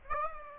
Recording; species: mosquito wingbeat signal from an infrared sensor; Aedes aegypti